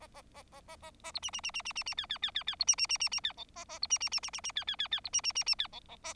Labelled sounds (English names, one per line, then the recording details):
Bengalese Finch song
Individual Bird4